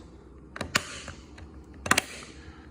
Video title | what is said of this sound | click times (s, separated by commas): Teltonika SAS GH5200 Personal Tracker Unboxing | It clicks into place | 0.8 s, 1.9 s